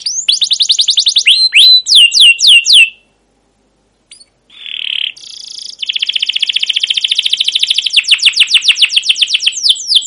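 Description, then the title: Canary song: rapid high chirps and downslurred notes, a pause with a few scattered notes, then a long, fast rolling trill carrying to the end. Canary song used as a lure (pancingan) to train other canaries; described as long, lively 'gacor' singing with 'cuit cuit' chirps and 'ngerol' rolling trills. "CUIT CUIT NGEROL LANGSUNG GACOR PANJANG Kenari Ini AMPUH Utk Pancingan KENAR. Masteran Suara Burung Kenari Gacor Panjang cuit cuit Ngerol untuk Pancingan Kenari!"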